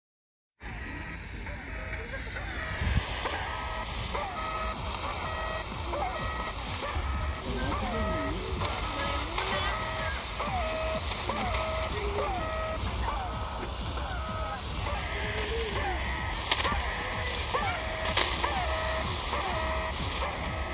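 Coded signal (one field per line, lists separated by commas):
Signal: channel marker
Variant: The Goose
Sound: continuous goose-like honking and warbling tones over hissy static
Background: radio static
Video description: 4310 kHz AM - "The Goose" Russian Military station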